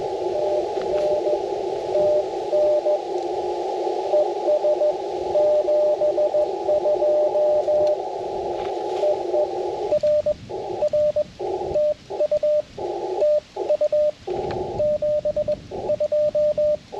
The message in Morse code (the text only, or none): TN TN ES 72 EE R R TU TU 72